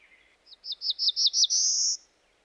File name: dan gibsons solitudes black throated blue warbler